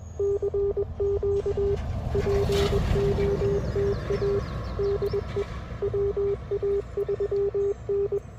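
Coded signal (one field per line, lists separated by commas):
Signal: Morse code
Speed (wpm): 21 wpm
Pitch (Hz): 400 Hz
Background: none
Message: CQ POTA DE WA3N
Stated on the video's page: Full-length CW POTA park activation from a vehicle with a Yaesu FT-857, Radioddity HF-009 antenna, LiFePO4 battery and Putikeeg key.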